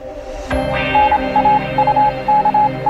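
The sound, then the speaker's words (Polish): Morse code beeps spelling out the words "Nauka słuchania" as the programme signal on Polish Radio Trójka (Program Three), made by producer Michał Hoffman: a rhythmic string of short and long pulses in a steady high tone, layered over a humming electronic drone that opens with a sweeping whoosh. “Poprosiłem Michała, żeby przy pomocy alfabetu Morsa wystukał te dwa słowa jako pewien symbol, bo jak wiadomo, żeby odczytać taki dźwiękowy kod, trzeba się bardzo mocno skupić”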